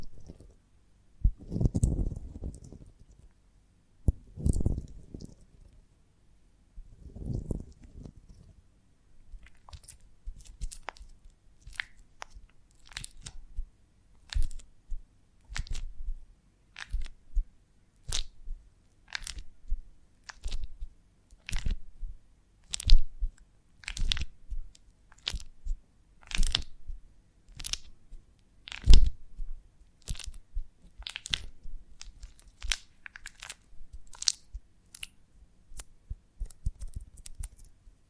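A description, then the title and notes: Honeycomb on a branch being handled and bitten into. The first ten seconds bring three slow, heavier low crunches. After that come rapid, crisp snapping and crackling bursts roughly every second, bright and sharp, with short quiet gaps between them. ASMR of a Honeycomb on Branch (No Talking).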